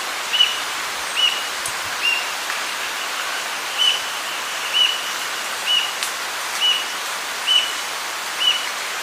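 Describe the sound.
Bird calls, short high notes repeated roughly once a second over steady hiss of background noise.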